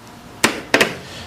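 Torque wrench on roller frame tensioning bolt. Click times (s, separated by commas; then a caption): 0.5 s, 0.7 s. A torque wrench on the tensioning bolt of a Newman roller frame is pressed down and gives a sharp, audible pop at about 0.4 s and again at about 0.7 s, with a smaller tap just after at 0.8 s. Each pop shows the wrench has reached its set torque, confirming the roller frame is at its designated tension.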